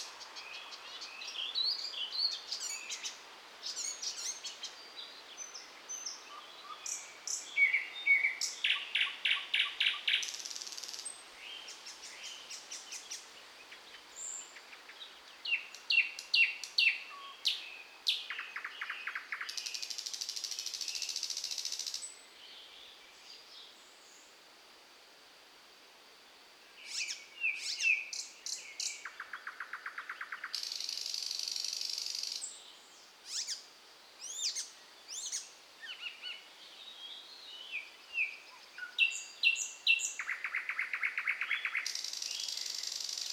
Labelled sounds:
Thrush Nightingale song
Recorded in the wild
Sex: male
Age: adult
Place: Wizna, Lomzynski Park Krajobrazowy Doliny Narwi, Podlaskie Voivodeship, PL
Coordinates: 53.1979, 22.4176
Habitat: deciduous forest edge
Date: 2016-05-26 08:40
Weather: heavy cloud, moderate wind
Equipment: Marantz PMD660 recorder, Sennheiser ME67 directional microphone
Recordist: Souriau, Abel

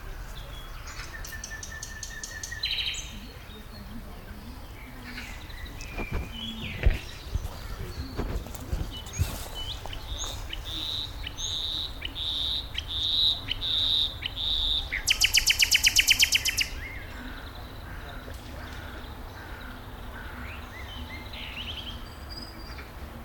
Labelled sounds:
Common Nightingale
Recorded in the wild
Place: Tierpark Berlin, Berlin, DE
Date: 1996-05-01 13:15
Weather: heiter, 17°C
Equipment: Sony MD-WM MZ-R3, Sennheiser MKH 416 T, Kopie Uher 4000 Report Monitor
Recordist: Tembrock, Günter

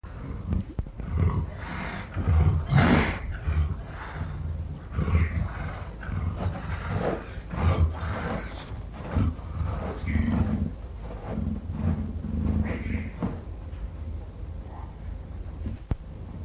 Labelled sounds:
Leopard call
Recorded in captivity
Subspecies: fusca
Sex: female
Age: adult
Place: Tierpark Berlin, Berlin, DE
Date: 1962-10-20 14:00
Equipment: Minifon, Kopie Smaragd
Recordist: Tembrock, Günter

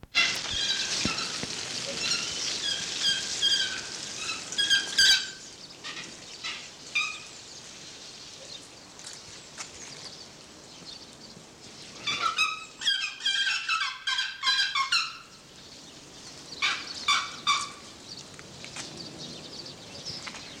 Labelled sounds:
Pallas's Fish Eagle call
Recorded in captivity
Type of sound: call sequence
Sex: diverse
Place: Zoo Berlin, Berlin, DE
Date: 1987-02-06 09:35
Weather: cloudy, windy 3°
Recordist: Tembrock, Günter
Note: Weibchen auf Nest, Männchen Rufreihen

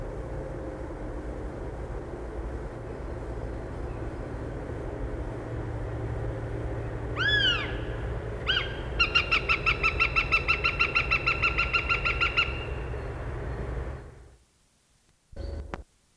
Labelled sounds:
Northern Goshawk call
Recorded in the wild
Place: Ralswieker Forst, Insel Rügen, Mecklenburg-Vorpommern, DE
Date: 1969-04-06
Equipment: NAGRA III BH, Sennheiser MD21 mit Reflektor (d=75 cm, Glasfiber) und Stativ
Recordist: Schubert, Michael
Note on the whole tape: Habicht Langrufe und Rufreihe

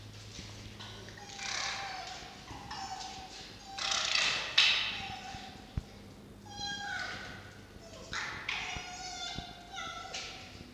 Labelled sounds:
Red Fox
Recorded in captivity
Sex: diverse
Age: diverse
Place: Zoologisches Institut der HUB, Berlin, DE
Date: 1952-11-13 18:17
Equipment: Elmetra
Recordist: Tembrock, Günter

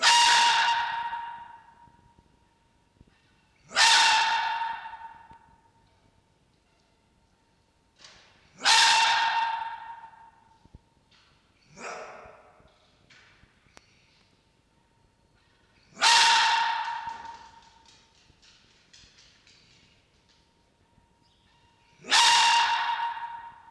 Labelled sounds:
Red Fox
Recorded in captivity
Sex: male
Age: diverse
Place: Zoologisches Institut der HUB, Berlin, DE
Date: 1953-03-16
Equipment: Elmetra
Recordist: Tembrock, Günter

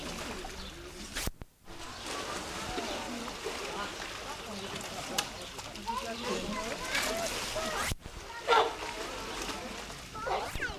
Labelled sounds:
California Sea Lion call
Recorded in captivity
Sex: pair
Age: adult
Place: Zoo Halle, Sachsen-Anhalt, DE
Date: 1969-07-05 10:00
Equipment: Uher 4200 Report Stereo, Sennheiser MD 421
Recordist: Tembrock, Günter
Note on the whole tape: Paar, vor der Fütterung: Langrufe des Weibchens, das dabei aufgerichtet den Kopf über den Wasserspiegel hält, dann auch Lautfolgen vom Männchen, und Begegnungslaute. Abstand: 10 m

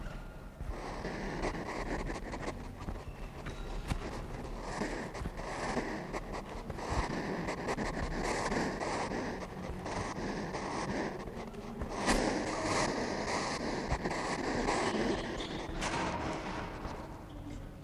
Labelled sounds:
Southern African Hedgehog defence call
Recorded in captivity
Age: adult
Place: Zoo Berlin, Berlin, DE
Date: 1960-01-10 14:15
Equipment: Reporter (Vollspur)
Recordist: Tembrock, Günter

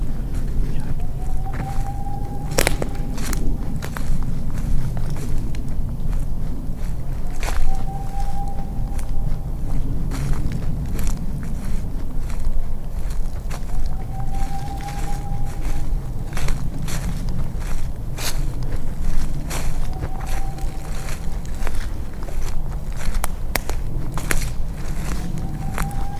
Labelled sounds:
Boreal Owl
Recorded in the wild
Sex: male
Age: adult
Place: Altsorgefeld, NSG Rochauer Heide, Brandenburg, DE
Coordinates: 51.7819, 13.5408
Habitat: wood
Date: 2007-02-19 18:45
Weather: 3-4 °C, windstill
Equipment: Sound Devices 702, Sennheiser MKH 70, Windkorb
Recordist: Frommolt, Karl-Heinz

